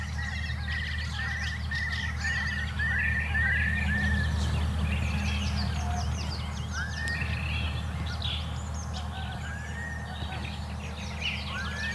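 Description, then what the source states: Eurasian curlew calling, a run of short rising whistled notes in quick succession, then scattered upslurred calls; other birds chatter higher up over a low steady hum. Heard on flooded fields at Hyvelänjärvi, Lohja, on a spring night into morning, 2 May 2021; curlew now scarce, found only on a few of the largest open fields.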